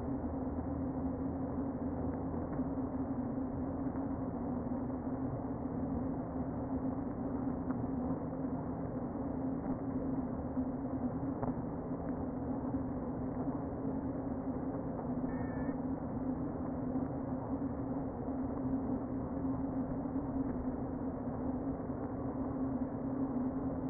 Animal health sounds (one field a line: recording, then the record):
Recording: honeybee colony, microphone inside the hive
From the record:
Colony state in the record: queen present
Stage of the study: before two queens were removed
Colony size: about 60,000 bees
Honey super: yes